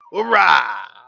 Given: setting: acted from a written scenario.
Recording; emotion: vocal sound without words; triumph